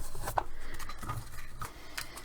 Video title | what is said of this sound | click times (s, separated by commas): Easy DIY Mini Album Full Tutorial - including how to do coil binding with no special gadgets! | Again, you can feel when it just clicks back into place. | 0.4 s